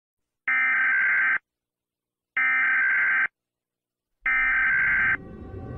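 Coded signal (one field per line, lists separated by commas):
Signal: Emergency Alert System (SAME) tones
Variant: header bursts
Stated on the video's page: Fictional EAS scenario with SAME tones about World War 3.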